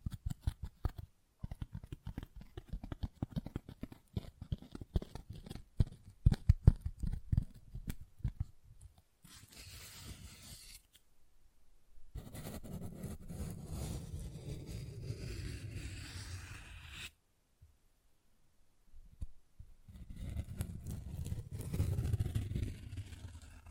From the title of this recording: Tingly Textures Tapping and Scratching